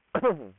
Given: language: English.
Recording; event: throat vibration sensor signal played as sound; throat clearing